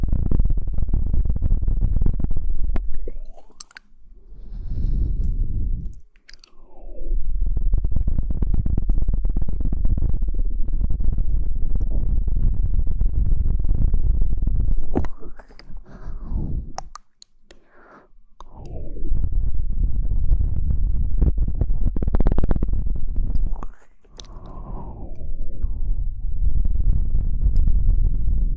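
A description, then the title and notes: Mouth sounds: a thick, low, wet rumble that runs nearly throughout, broken by short silences around 4, 6, 16–18 and 24 seconds. Brief sharp clicks mark several breaks, and rising squeaky sweeps appear near 7, 17 and 24 seconds. Mouth Sounds.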